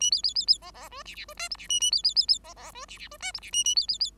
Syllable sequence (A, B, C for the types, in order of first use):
A B B B B C C D E E D F G E A A B B B B C C D E E D F G E A A B B B